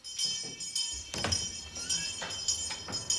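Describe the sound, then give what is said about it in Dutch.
A school bell rings at the entrance to the 'klas van 45', an old-fashioned classroom where children learn about childhood in the Second World War, a shrill, high, buzzing tone holding steady for several seconds, broken by a few short clattering noises as the doors open. No one speaks. “De schoolbel hoor je, de deuren gaan open en dan komen we binnen in een klaslokaal.”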